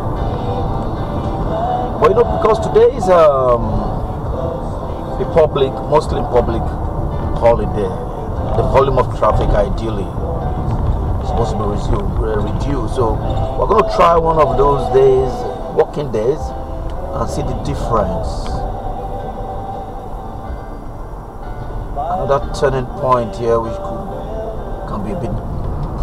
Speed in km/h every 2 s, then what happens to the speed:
72, 71, 68, 66, 66, 64, 61, 60, 58, 55, 53, 50, 45.
0-26 slows to 45.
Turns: none.